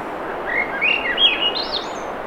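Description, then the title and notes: Swainson's thrush singing a fluty, upward-spiralling phrase that climbs through several notes into a high, thin ending, over a steady rushing surf. Singing, 7:15 pm, 7 June 2017, low 50s, clear skies, between tides; Sun Dew Trail near Ocean Beach, Schoodic Peninsula, Acadia National Park, Winter Harbor, Maine; Fostex FR2, Sennheiser ME66; high-pass filtered against surf. "Swainson's Thrush singing Wednesday June 7, 2017 7:15 pm temperature low 50s clear skies between the tides Sun Dew Trail where it intersects with trail to Ocean Beach Schoodic Pennisula Acadia National Park Winter Harbor, ME"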